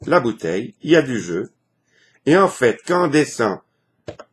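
A lever corkscrew is set on a glass wine bottle with some play and is being pressed down toward the bottle neck while someone talks. Two faint short clicks come near the end, around 4.1 and 4.2 seconds. Nothing has seated or clicked yet: the corkscrew collar has not yet gripped the neck.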